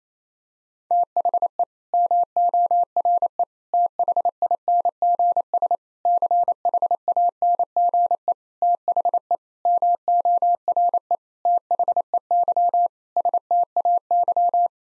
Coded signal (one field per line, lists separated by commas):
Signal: Morse code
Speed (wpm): 27 wpm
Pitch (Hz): 700 Hz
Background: none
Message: THE MORE THINGS CHANGE THE MORE THEY STAY